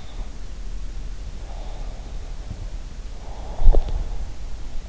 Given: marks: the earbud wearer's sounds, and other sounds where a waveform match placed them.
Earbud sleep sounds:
sounds in sleep by an in-ear microphone; breath, teeth grinding
1.38-4.47 s: breath
3.60-3.96 s: teeth grinding

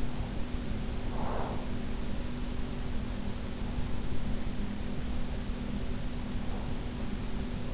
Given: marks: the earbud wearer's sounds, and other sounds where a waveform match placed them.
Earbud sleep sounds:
sounds in sleep by an in-ear microphone; breath
0.21-2.63 s: breath

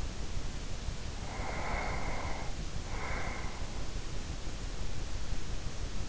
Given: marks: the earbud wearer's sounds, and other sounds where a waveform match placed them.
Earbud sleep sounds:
sounds in sleep by an in-ear microphone; breath
1.05-4.04 s: breath

